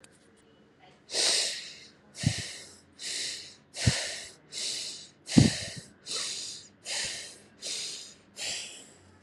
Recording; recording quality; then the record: shallow breathing; excellent, no background noise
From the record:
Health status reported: recovered from COVID-19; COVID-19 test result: negative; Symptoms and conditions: breathing difficulty, sore throat, fatigue, loss of smell and taste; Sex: female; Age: 30 years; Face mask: not worn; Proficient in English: yes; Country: India